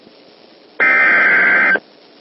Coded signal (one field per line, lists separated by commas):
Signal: Emergency Alert System (SAME) tones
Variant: header bursts